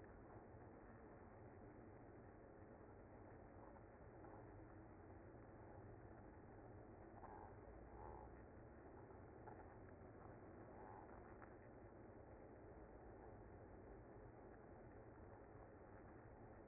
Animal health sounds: honeybee colony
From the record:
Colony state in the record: active

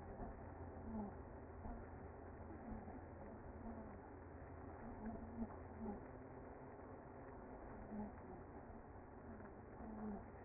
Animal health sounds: honeybee colony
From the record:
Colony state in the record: active

